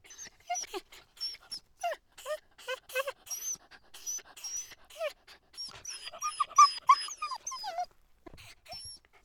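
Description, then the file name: Dogs yelping in quick, irregular bursts of high, rising and falling cries, some short and sharp, others drawn out, with brief pauses and a lull near the end. "freesound Dogs Yelping"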